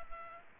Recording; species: mosquito wingbeat signal from an infrared sensor; Culex pipiens